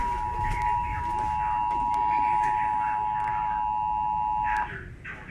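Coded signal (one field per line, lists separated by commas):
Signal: Emergency Alert System (SAME) tones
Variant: 853 and 960 Hz attention tone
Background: speech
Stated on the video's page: Tornado Warning SAME tones received on weather radio and television.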